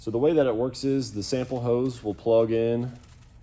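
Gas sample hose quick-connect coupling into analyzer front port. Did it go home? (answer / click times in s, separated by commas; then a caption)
no / none. Someone talks while a gas sample hose's quick-connect coupling is handled at the front port of an SF6 gas analyzer. No click or impact sound stands out. The hose has not yet seated or clicked into the port.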